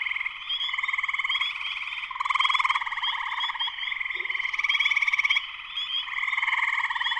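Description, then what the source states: Dense spring peeper chorus of piercing, overlapping peeps and rolling trills, the volume rising and dipping in uneven waves throughout. Full chorus shortly after sunset, Sleeping Bear Dunes National Lakeshore, northern Michigan, USA.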